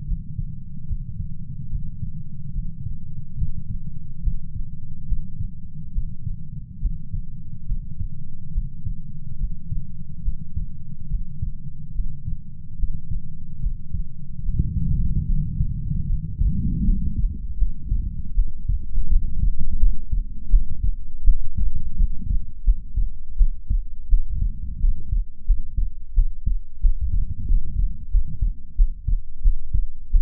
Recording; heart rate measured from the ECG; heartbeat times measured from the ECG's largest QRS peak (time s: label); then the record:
heart sounds by stethoscope; 78 bpm
0.03 s: heartbeat
0.85 s: heartbeat
1.67 s: heartbeat
2.50 s: heartbeat
3.34 s: heartbeat
4.19 s: heartbeat
5.04 s: heartbeat
5.90 s: heartbeat
6.77 s: heartbeat
7.64 s: heartbeat
8.50 s: heartbeat
9.35 s: heartbeat
10.20 s: heartbeat
11.06 s: heartbeat
11.91 s: heartbeat
12.75 s: heartbeat
13.58 s: heartbeat
14.41 s: heartbeat
15.24 s: heartbeat
16.05 s: heartbeat
16.83 s: heartbeat
17.56 s: heartbeat
18.33 s: heartbeat
19.07 s: heartbeat
19.77 s: heartbeat
20.48 s: heartbeat
21.23 s: heartbeat
21.95 s: heartbeat
22.62 s: heartbeat
23.36 s: heartbeat
24.07 s: heartbeat
24.78 s: heartbeat
25.44 s: heartbeat
26.13 s: heartbeat
26.79 s: heartbeat
27.45 s: heartbeat
28.09 s: heartbeat
28.74 s: heartbeat
29.41 s: heartbeat
30.09 s: heartbeat
From the record:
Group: healthy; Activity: Valsalva maneuver 0-14 s, rest 14-30 s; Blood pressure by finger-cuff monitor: 97/60 mmHg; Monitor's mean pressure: 74 mmHg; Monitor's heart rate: 76 bpm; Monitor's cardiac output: 6.1 L/min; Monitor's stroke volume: 82 mL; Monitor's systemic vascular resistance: 820 dyn s/cm5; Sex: female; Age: 26 years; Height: 165 cm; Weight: 55 kg